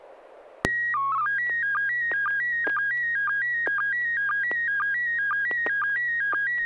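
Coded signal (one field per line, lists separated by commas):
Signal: SSTV (slow-scan television)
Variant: PD 120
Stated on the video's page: SSTV images on a weekly net via 441.300 MHz FM repeater, sent with MMSSTV software.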